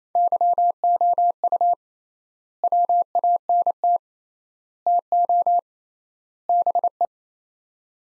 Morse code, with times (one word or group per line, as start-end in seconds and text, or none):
0.2-1.7 YOU
2.6-4.0 WANT
4.9-5.6 TO
6.5-7.0 BE